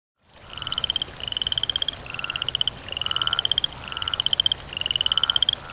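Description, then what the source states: Frog croaking: pulsed, slightly rising rattling trains, each under a second, repeated steadily with short gaps, over a softer lower pulsing. Croaking by water.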